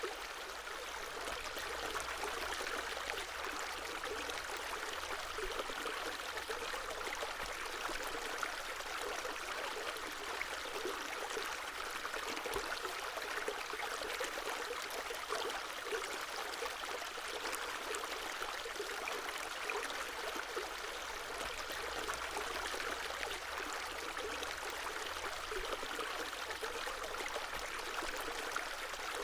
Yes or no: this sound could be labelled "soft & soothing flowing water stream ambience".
yes